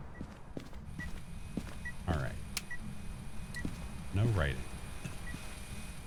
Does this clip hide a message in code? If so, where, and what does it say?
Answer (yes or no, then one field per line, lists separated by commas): no